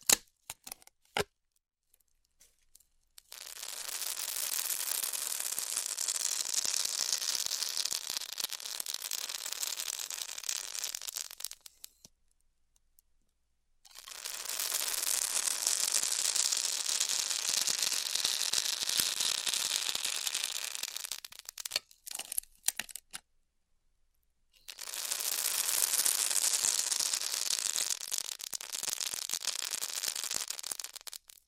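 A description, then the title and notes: Styrofoam being heat cut in three long hissing, crackling passes, roughly 3–12, 14–22 and 25–31 seconds, separated by brief clicks and silence. ASMR Styrofoam Heat Cutting (No Talking).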